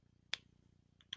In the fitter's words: all right that's how you know it's locked in place i'm gonna do it again